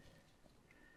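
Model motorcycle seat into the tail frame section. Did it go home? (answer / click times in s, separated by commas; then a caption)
no / none. The flexible plastic seat of a Pocher Ducati 1299 Panigale R Final Edition 1:4 scale motorcycle model is being handled and flexed over one side of the tail frame section to clip into place. Low handling noise and rustle continue throughout, with a brief sharp tick at about 0.7 s. Nothing has seated or clicked into place yet.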